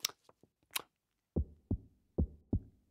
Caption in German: Dieses entzückende, winzige Herztöne-Abhörgerät benutzen. Manchmal nennt man dieses Ding auch ein Stethoskop. Schlägt es nicht schön regelmäßig und ruhig? Mein kleines, liebes Herz klingt wunderbar entspannt.